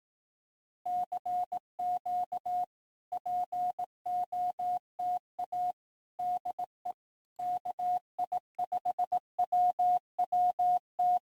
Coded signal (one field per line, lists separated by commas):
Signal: Morse code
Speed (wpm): 18 wpm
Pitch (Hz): 720 Hz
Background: none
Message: CQ POTA DE KI5WWT